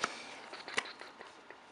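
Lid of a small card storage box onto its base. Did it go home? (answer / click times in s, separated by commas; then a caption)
no / none. The lid of a small plastic card storage box is handled against its base after some struggling to close it, giving two sharp clicky contacts at about 0.0 and 0.8 s and a few softer taps over quiet background. The clip ends before the lid goes home, so nothing has seated or clicked shut yet.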